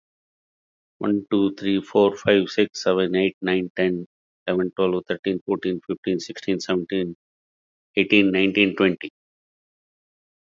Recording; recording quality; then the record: counting at a fast pace; excellent, no background noise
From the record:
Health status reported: healthy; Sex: male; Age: 60 years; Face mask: worn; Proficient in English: yes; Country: India